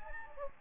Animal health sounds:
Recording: mosquito wingbeat signal from an infrared sensor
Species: Anopheles gambiae

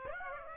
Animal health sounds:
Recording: mosquito wingbeat signal from an infrared sensor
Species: Aedes aegypti

